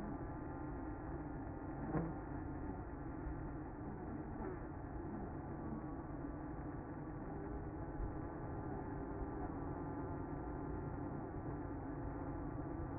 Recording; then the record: honeybee colony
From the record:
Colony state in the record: active